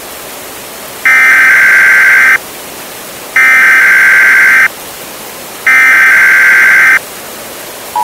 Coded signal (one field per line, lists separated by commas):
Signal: Emergency Alert System (SAME) tones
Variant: header bursts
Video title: EAS Scenario #11 The Hail Storm